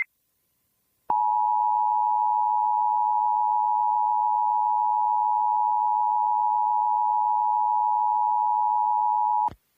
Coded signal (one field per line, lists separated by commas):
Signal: Emergency Alert System (SAME) tones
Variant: 853 and 960 Hz attention tone